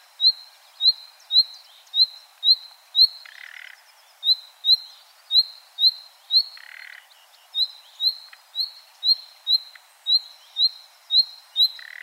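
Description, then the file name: Common nightingale giving rapid rising whistled calls, about two per second, mixed with several short harsh croaking notes. "Luscinia megarhynchos"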